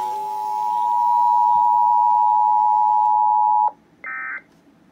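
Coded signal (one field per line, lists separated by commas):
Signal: Emergency Alert System (SAME) tones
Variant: 853 and 960 Hz attention tone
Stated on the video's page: SAME tones from a Sage EAS Endec relay station rack, relayed only to a local licensed amateur radio repeater, not transmitted on NOAA frequencies.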